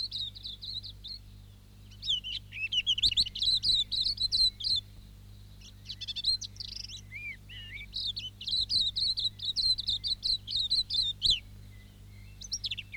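Silvereye song: rapid high warbling phrases of thin twittering notes, mainly in two long bursts with a short pause between, over a faint low hum.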